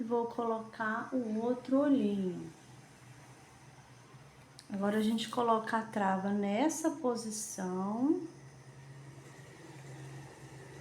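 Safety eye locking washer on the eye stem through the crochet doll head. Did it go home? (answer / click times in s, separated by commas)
no / none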